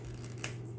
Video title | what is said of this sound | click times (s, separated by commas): DIY Succulent Christmas Tree - Topiary Christmas Tree | just like that and you'll hear it snap okay | 0.4 s